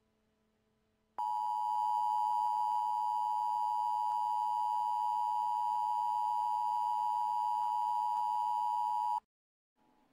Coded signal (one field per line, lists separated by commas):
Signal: Emergency Alert System (SAME) tones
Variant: 853 and 960 Hz attention tone